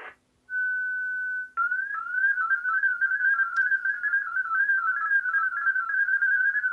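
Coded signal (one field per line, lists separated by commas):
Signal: multi-tone FSK (Olivia or MFSK type)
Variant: THOR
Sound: a short steady whistle, then a warbling run of quickly changing tones around one pitch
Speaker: I'm still centering it at 1,500 hertz. There's the little CQ with Thor.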